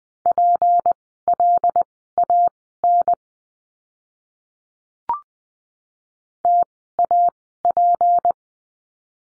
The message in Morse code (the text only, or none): PLAN TAP